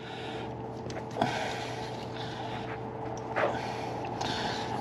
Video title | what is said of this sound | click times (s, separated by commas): Install New Injectors Plugs and Coils 2000 F250 5.4 Liter Huge Improvement | the injector, snap the plug in, and | 1.2 s